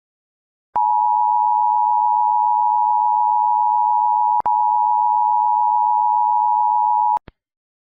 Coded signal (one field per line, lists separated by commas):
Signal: Emergency Alert System (SAME) tones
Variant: 853 and 960 Hz attention tone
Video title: top 2 egypt eas alarm